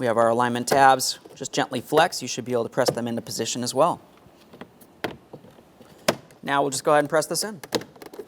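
A plastic speaker grille cover for a 2004-2008 Ford F-150 is being handled and aligned against the door trim panel, with its alignment tabs gently flexed into position. Someone talks while a few sharp handling knocks and taps are heard between about 4.6 and 6.3 seconds. The grille is about to be pressed in, but nothing has seated or clicked yet.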